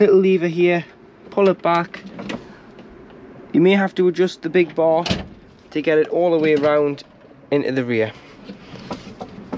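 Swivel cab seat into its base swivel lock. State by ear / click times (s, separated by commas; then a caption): not seated / none. Someone talks while an Auto Trail Cherokee motorhome's swivel cab seat is handled: a little lever is pulled back and the seat is turned, with the big bar possibly needing adjustment to get it all the way round, and a few short, faint knocks are heard. The seat has not yet locked into its base swivel lock, and nothing has clicked.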